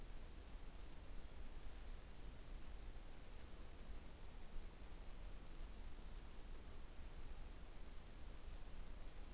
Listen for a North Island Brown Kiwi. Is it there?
no